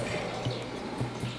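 A spare metal gobo is picked up and lined up with the gobo wheel slot of a moving-head stage light, ready to be slid down and snapped in. Only faint handling rustle and a low steady hum are heard over about 1.5 seconds. Nothing has seated or clicked yet.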